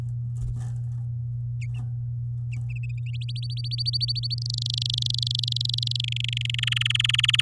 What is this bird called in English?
Domestic Canary